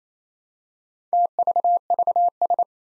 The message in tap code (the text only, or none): none